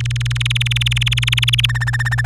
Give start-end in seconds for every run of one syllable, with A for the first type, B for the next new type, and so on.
0.00-1.66 A, 1.69-2.26 B